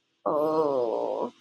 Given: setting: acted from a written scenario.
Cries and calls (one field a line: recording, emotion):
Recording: vocal sound without words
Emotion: embarrassment